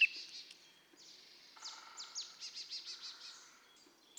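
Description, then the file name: Eurasian nuthatch calling: a few high, sharply falling notes, then a quick run of several repeated rounded notes, over faint background hiss. "Sitta europaea"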